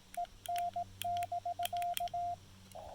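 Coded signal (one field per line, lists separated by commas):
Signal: Morse code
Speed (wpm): 18 wpm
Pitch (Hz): 700 Hz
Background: none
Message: EN<BK>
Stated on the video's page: Morse from a QRP POTA activation using a Chameleon CHA LEFS antenna during horrible propagation.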